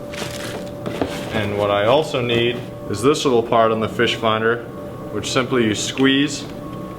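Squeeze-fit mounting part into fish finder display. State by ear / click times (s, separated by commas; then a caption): not seated / none. A small squeeze-fit mounting part is handled at the mounting point of a fish finder display while someone talks over it. A few short handling knocks sound near 0.9 and 1.0 seconds. The part has not seated or clicked into place yet.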